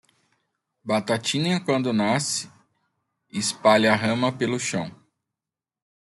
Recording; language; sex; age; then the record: short text; Brazilian Portuguese; male; 40 to 49 years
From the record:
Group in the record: control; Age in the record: 43 years